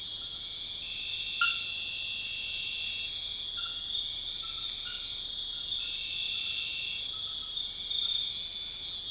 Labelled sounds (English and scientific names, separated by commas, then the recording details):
none
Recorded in secondary vegetation near Puerto Asís, Putumayo, Colombia, on 4 March 2025 at 00:30
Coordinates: 0.498, -76.327
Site G001